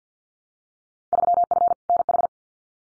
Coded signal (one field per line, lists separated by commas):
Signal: Morse code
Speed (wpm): 48 wpm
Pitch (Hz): 700 Hz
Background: none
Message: 3F NH